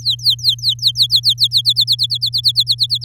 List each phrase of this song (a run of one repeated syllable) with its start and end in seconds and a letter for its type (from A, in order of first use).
0.00-1.48 A, 1.51-3.05 B